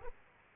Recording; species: mosquito wingbeat signal from an infrared sensor; Aedes aegypti